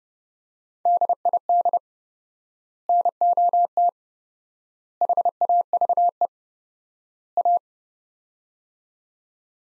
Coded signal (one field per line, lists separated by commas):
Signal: Morse code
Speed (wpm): 32 wpm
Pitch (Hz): 700 Hz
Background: none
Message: DID NOT HAVE A